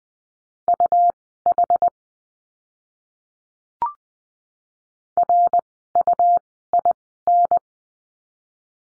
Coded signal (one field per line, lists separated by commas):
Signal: Morse code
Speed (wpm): 20 wpm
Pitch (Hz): 700 Hz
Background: none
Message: UH RUIN